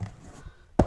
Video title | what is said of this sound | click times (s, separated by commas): How to Lay Carpet Tiles and Vinyl Planks ( Flooring ) | got a pretty good seal you'll hear a little snap oh quick when you put it together | 0.8 s